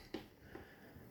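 A locking AC cable plug is twisted to release it and pulled out of the port on a BLUETTI AC240 portable power station. A short, sharp snap-like hit sounds at 0.1 s, followed by a fainter knock around 0.6 s. The cable comes free of the port.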